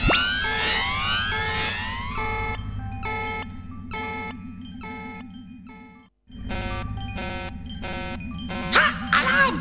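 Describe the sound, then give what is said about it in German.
A loud alarm siren, the Computer Force alarm set to trigger when the system is broken into, goes off, opening with rising electronic sweeps, then settling into rapid, evenly repeated beeping pulses over a steady wavering wail that briefly cuts out before resuming. “Oh nein, Debug, du hast Alarm ausgelöst.”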